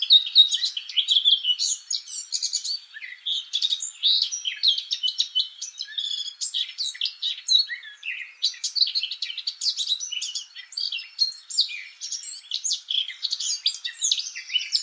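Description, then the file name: Eurasian blackcap singing continuously, a dense, rapid stream of high, scratchy and whistled notes with no real pause throughout. "Sylvia atricapilla"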